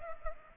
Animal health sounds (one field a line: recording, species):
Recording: mosquito wingbeat signal from an infrared sensor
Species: Culex pipiens